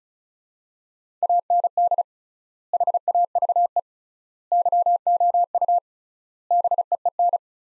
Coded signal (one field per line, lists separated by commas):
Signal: Morse code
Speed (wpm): 36 wpm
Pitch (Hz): 700 Hz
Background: none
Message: AND HAVE YOU BEEN